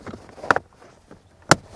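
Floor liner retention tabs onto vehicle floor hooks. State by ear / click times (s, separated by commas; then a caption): seated / 0.5 s, 1.5 s. A BaseLayer all-weather TPE custom-fit floor liner for a 2015-2022 F150 truck's front driver side is pressed down so its two tab holes seat over the truck's floor retention hooks. A sharp click at 0.5 s, followed by a softer snap right after, and a second, louder click at 1.5 s show the tabs seating onto the hooks.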